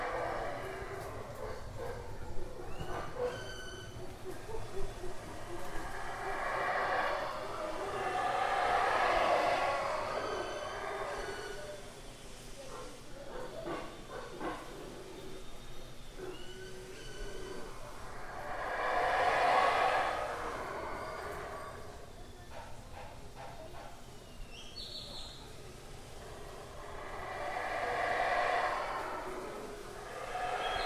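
Howler monkeys roar in three long, swelling waves, peaking around 9, 19 and 28 seconds, each rising and fading over several seconds like a rushing gust. Between the roars a low steady hum continues, scattered with faint clicks and a brief bright chirp near 25 seconds.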